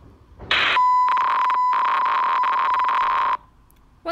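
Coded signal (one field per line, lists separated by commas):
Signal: data over sound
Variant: on-off keying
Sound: brief hiss, then a steady 1 kHz tone with rapid on-off buzzy clicking bursts for about 2.6 seconds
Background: small room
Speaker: hey i got a notification from audi this light i wonder what it is what the heck how am i supposed to understand this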